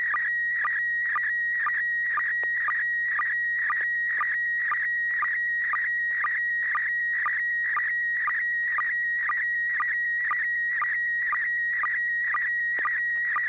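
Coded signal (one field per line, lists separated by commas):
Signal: SSTV (slow-scan television)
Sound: warbling tone around 1.9 kHz with regular short low blips twice a second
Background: low steady hum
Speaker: you got hit by the the repeater ID um we're GNA go to Joel this time ai6 DG uh Joel tell us what you think very clean reception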